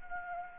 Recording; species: mosquito wingbeat signal from an infrared sensor; Anopheles gambiae